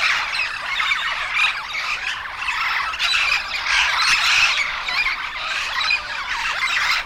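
Yellow-shouldered parrot calling, an unbroken wash of raspy screeching squawks and shrill squeals that swells and fades slightly throughout.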